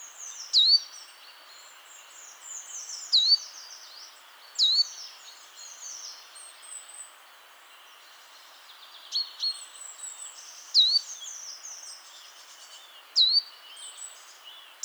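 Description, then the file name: Great tit repeating short, sharp falling notes at irregular intervals, several in all, against a steady background of high-pitched bird chatter. "Parus major"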